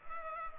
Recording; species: mosquito wingbeat signal from an infrared sensor; Culex pipiens